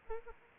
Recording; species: mosquito wingbeat signal from an infrared sensor; Aedes aegypti